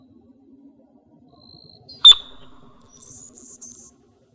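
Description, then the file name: Anna's hummingbird dive display: a faint thin whine leads into a single loud, piercing chirp, followed by a few dry, scratchy buzzes. Dive sound, Arizona, 29 November 2008. "ANHU DIVE 112908. deviche"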